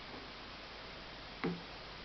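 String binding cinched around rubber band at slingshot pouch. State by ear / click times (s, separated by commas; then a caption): seated / 1.4 s. A string binding wrapped around the theraband at a slingshot's leather pouch is pulled back through the string loop and cinched tight. A sharp tick sounds at 1.4 seconds above a steady low background. The binding is seated.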